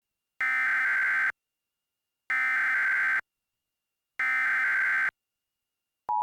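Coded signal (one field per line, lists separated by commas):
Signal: Emergency Alert System (SAME) tones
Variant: header bursts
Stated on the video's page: EAS mock, a simulated alert, not a real transmission.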